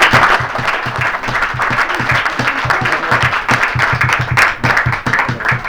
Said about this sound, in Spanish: Yo pido un aplauso para esta juventud. Veo que hay esperanza. Un aplauso para mí.